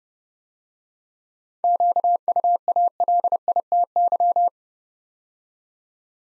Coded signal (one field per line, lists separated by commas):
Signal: Morse code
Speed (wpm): 30 wpm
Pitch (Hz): 700 Hz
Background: none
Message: QUALITY